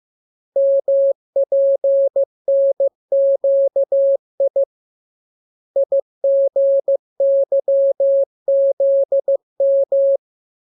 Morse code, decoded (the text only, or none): MPNQI IGYZM